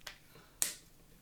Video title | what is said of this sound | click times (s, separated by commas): Replace LCD without frame / Samsung A03S / CrocFIX | so you will hear the Click | 0.6 s